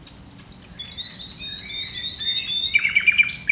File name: nightingale song